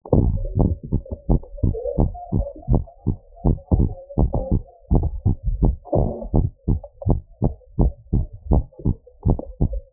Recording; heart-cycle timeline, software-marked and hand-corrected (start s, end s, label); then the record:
heart sounds
0.00	0.24	systole
0.24	0.36	S2
0.36	0.58	diastole
0.58	0.72	S1
0.72	0.94	systole
0.94	1.02	S2
1.02	1.28	diastole
1.28	1.40	S1
1.40	1.62	systole
1.62	1.74	S2
1.74	1.98	diastole
1.98	2.10	S1
2.10	2.34	systole
2.34	2.44	S2
2.44	2.70	diastole
2.70	2.82	S1
2.82	3.08	systole
3.08	3.18	S2
3.18	3.46	diastole
3.46	3.58	S1
3.58	3.78	systole
3.78	3.90	S2
3.90	4.18	diastole
4.18	4.30	S1
4.30	4.52	systole
4.52	4.62	S2
4.62	4.92	diastole
4.92	5.04	S1
5.04	5.26	systole
5.26	5.36	S2
5.36	5.60	diastole
5.60	5.74	S1
5.74	5.98	systole
5.98	6.10	S2
6.10	6.36	diastole
6.36	6.50	S1
6.50	6.70	systole
6.70	6.80	S2
6.80	7.08	diastole
7.08	7.20	S1
7.20	7.44	systole
7.44	7.54	S2
7.54	7.80	diastole
7.80	7.92	S1
7.92	8.14	systole
8.14	8.26	S2
8.26	8.50	diastole
8.50	8.64	S1
8.64	8.86	systole
8.86	8.96	S2
8.96	9.26	diastole
9.26	9.38	S1
9.38	9.62	systole
9.62	9.72	S2
9.72	9.93	diastole
From the record:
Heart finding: normal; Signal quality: good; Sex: female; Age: 50 years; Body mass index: 26.8